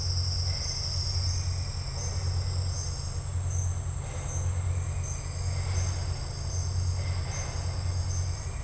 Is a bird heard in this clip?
no